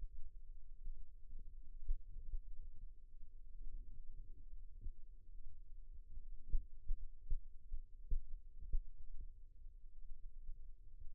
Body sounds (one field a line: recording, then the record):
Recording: forearm muscle sounds (acoustic myography)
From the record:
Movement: rest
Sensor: system 2, bracelet of six BSWA MPA416 microphones around the upper forearm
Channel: 1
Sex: male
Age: 22 years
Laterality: right